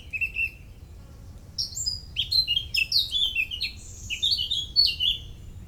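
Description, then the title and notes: Birds singing in quick high chirps and twittering phrases, with a brief pause before a busier burst of song, over low background rumble. Early morning, 27 May 2018, Parc des Beaumonts, Montreuil, France; urban park in dense city area near Paris; recorded with MCE530 microphones, Dual Pre USB and H2. "Oiseaux des Beaumonts le 27 mai 2018. Parc des Beaumonts, 16 Avenue Jean Moulin, 93100 Montreuil, France. Tôt le matin dans le parc des Beaumonts à Montreuil (93), prise de son d'oiseaux"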